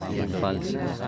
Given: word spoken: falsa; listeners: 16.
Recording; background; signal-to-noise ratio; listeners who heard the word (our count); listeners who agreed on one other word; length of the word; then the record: one Spanish word in noise, from a listening test; eight-talker babble; -3.4 dB; 1 of 16; 13 of 16; 0.68 s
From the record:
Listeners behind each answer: 13, 1, 1, 1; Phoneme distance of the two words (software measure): 7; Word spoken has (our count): 2 syllables, 5 phonemes, stress on syllable 1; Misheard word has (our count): 2 syllables, 6 phonemes, stress on syllable 1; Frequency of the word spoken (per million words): 20.32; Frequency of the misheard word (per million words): 12.53